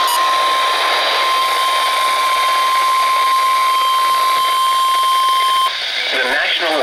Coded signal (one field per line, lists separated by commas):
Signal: Emergency Alert System (SAME) tones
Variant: 1050 Hz attention tone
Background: speech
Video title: Severe Thunderstorm Warning on WXK47 - 9/25/22 (EAS #7,798)